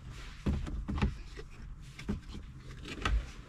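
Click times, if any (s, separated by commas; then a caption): none. A plastic dash trim bezel on a 2011 Jeep Wrangler is handled and pressed against its clips in the dashboard after a radio install, giving a series of dull plastic knocks and low thumps at about 0.5, 1.0, 2.1 and 3.1 seconds over a quiet background. Nothing has seated or clicked yet.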